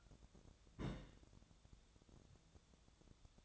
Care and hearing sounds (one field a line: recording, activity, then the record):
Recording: daily activity, microphone in the room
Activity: place on stove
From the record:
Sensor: 3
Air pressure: 999.9 hPa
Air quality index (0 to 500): 125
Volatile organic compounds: 2 ppm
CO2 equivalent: 1121 ppm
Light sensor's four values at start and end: 39/100/43/47 and 39/100/43/47